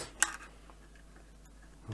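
A white LED is pressed into a hole in the plastic deck of a U 96 U-boat model and snaps into place with a sharp click at 0.2 s. After that only faint ticks and low background sounds follow, and the LED is seated.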